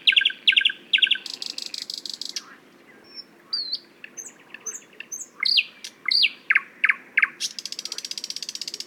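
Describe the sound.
Thrush nightingale song: quick clicking notes, a buzzing rattle, scattered sharp whistles and loud chucks, ending in another rattle.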